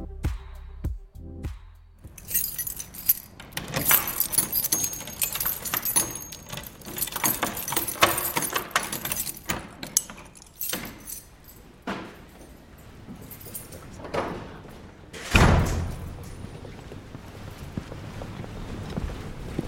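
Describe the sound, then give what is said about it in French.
A bunch of keys jangles and clinks repeatedly as heavy doors are unlocked and pushed open, at least 15 doors each morning starting at 6 a.m., on the Île de la Cité, with a deep, loud thud midway through and more metallic rattling afterward. “Tous les matins, il y en a, je ne dis pas bêtises, il y en a au moins 15 portes.”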